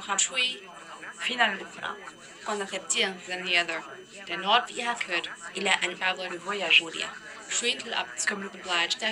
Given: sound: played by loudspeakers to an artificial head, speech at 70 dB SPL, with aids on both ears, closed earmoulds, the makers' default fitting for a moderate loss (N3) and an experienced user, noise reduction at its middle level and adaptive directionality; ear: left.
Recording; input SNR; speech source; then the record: speech test signal (ISTS) in cocktail-party noise; +6 dB; in front (0 degrees)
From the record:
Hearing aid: class 2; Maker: E